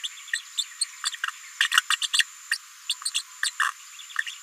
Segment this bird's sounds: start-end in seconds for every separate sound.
0.03-0.08, 0.33-0.41, 0.57-0.65, 0.81-0.85, 1.61-1.67, 1.72-1.81, 1.90-1.96, 2.01-2.07, 2.12-2.24, 2.50-2.58, 2.89-2.94, 3.14-3.22, 3.42-3.51, 3.59-3.70